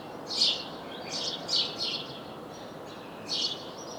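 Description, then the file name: House sparrow chirps, a handful of short, slightly rough notes in a quick cluster, then a pause and one more chirp, with faint hiss behind. "Passer domesticus"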